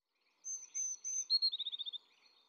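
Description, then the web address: Blue tit calling, three thin high notes followed by a rapid descending trill of short notes, in a quiet background. Early morning. "Fontainebleau Demo. blue tit"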